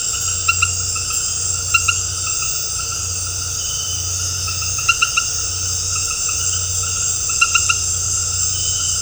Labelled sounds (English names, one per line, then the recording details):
none
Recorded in dense forest near Puerto Asís, Putumayo, Colombia, on 13 March 2025 at 20:00
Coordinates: 0.468, -76.322
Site GP01